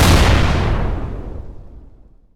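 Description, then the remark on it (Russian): A loud, deep explosion of a shell hitting a target bursts at once across the full range, shaking nearby buildings, then rumbles and decays steadily over about two seconds, the high crackle fading first while the low boom lingers. “Взрыв сотряс ближайшие здания.”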